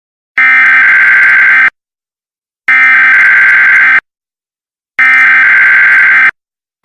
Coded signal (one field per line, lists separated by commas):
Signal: Emergency Alert System (SAME) tones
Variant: header bursts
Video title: C&C EAS Scenario - Part Three: The Last Act